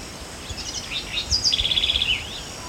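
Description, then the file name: House wren singing a short, tumbling phrase of scratchy notes that settles into a quick, steady run of high chattering pulses before sliding lower at the end. "Troglodytes aedon - House Wren"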